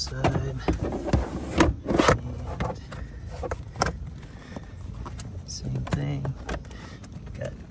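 A WeatherTech rubber floor liner is handled in a 2020 Land Rover Defender 110, being lined up over the car's floor-mat retention buttons, while someone talks. Scrapes, rustles and brief knocks are heard, but nothing has seated or clicked yet.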